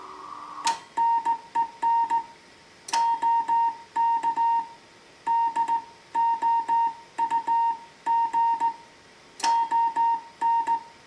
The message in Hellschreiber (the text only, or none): none